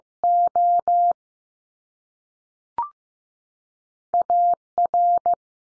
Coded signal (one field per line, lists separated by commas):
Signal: Morse code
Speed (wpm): 15 wpm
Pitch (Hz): 700 Hz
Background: none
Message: O A R